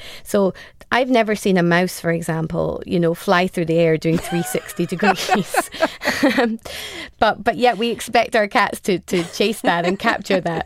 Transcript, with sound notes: So I've never seen a mouse, for example, you know, fly through the air doing 360 degrees. (LAUGHTER) But yet we expect our cats to chase that and capture that.